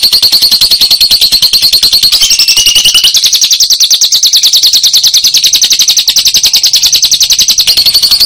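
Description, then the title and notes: Lovebird song, a long, fast, unbroken chattering trill of high buzzy notes that shifts slightly in pitch partway through and runs without pause. Lovebird song as a model for training songbirds (masteran). "Suara Burung Lovbred Buat Masteran"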